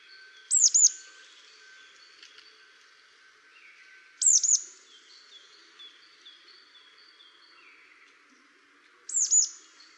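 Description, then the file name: Marsh tit calling: three short bursts of sharp, high, downslurred notes spaced several seconds apart, over a background of thin whistles from other birds. "Poecile palustris"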